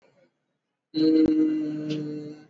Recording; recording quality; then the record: sustained vowel as in made; excellent, no background noise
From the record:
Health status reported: exposed to COVID-19, no respiratory illness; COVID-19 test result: not tested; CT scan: not taken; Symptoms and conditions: none ticked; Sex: male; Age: 37 years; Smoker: no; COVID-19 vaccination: both doses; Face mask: worn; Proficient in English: yes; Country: India